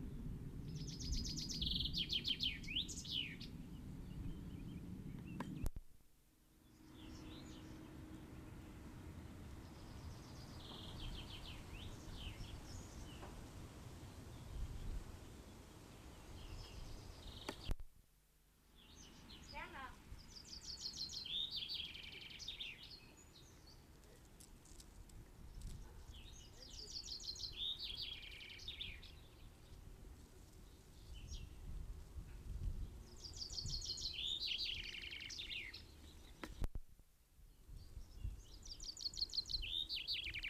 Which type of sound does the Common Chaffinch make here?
song